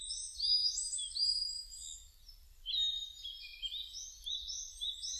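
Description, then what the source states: Bird song: rapid high twittering and warbling phrases that overlap almost continuously, with a brief lull near the middle and faint low rumble beneath. Recorded on 2 May 2005; described as birdsong twittering.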